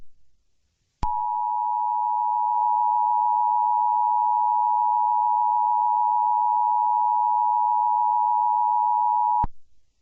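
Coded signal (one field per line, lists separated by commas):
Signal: Emergency Alert System (SAME) tones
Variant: 853 and 960 Hz attention tone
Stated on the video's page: A fictional EAS scenario depicting a reality-threatening god arriving on earth.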